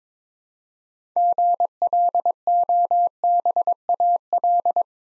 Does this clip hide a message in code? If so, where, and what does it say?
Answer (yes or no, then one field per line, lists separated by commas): yes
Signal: Morse code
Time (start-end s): 1.2-4.8 s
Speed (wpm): 22 wpm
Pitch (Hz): 700 Hz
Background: none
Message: GLOBAL